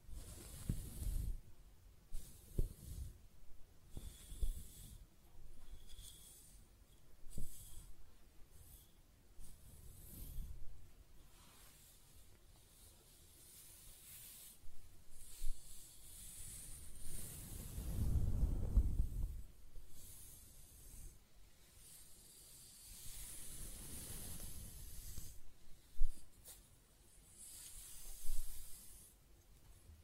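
Hair being scratched, brushed and stroked in close-up, with soft rustling hiss and irregular low thumps of handling. Strokes come in uneven bursts, a heavier rubbing swell near eighteen seconds and another around twenty-four, with a sharp tap near twenty-six.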